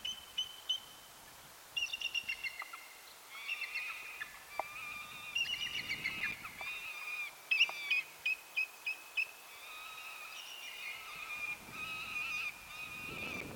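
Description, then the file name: Bald eagle giving long bouts of high piping, twittering whistles in rapid broken series, pausing and resuming, against a constant background hiss. Recorded on 8/10/20 at Point Williams Park. "BAEA 8 10 20 Pt Williams Pk"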